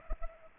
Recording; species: mosquito wingbeat signal from an infrared sensor; Culex pipiens